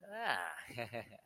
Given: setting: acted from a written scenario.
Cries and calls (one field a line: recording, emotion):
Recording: vocal sound without words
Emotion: sympathy